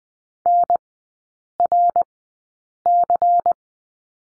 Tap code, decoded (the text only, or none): none